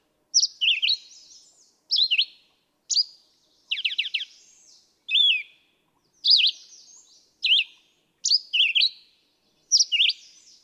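Red-eyed vireo singing a steady series of brief warbled phrases, roughly one per second, in quiet surroundings.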